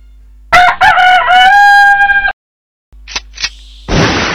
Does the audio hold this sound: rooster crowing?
yes